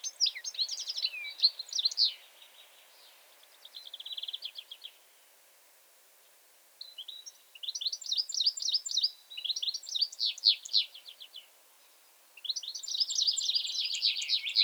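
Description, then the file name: European goldfinch singing several bursts of rapid tinkling twitters and buzzy trills, separated by pauses of up to two seconds. "Carduelis carduelis"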